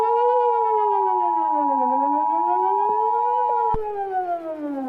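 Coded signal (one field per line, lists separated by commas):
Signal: Emergency Alert System (SAME) tones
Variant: 853 and 960 Hz attention tone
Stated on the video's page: Fictional EAS scenario.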